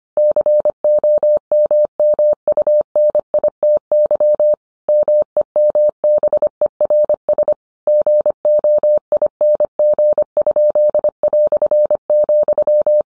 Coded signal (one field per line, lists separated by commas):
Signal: Morse code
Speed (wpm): 25 wpm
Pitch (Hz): 600 Hz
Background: none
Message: COMMUNITY MEMBERS GOING?",